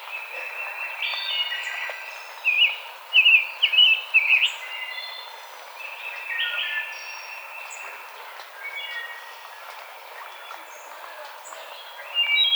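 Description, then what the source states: Rose-breasted grosbeak song, a sweet warbled phrase of rapid slurred notes lasting about two seconds. Recorded on 5 May 2007.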